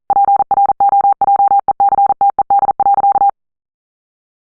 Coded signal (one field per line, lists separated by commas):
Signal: Morse code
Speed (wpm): 42 wpm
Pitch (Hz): 800 Hz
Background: none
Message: PROJECTED.